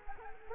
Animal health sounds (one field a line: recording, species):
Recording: mosquito wingbeat signal from an infrared sensor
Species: Culex quinquefasciatus